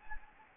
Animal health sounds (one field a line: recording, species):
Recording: mosquito wingbeat signal from an infrared sensor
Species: Anopheles gambiae